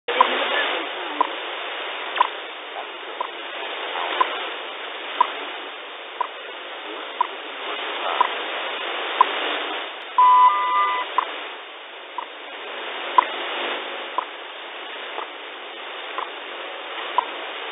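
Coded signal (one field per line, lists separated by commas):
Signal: radio time signal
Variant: WWV and WWVH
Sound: regular one-second ticks through static, with a steady tone starting near the ten-second mark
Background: radio static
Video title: 10000KHZ WWVH and WWV 2022 /05 /16 19:50JST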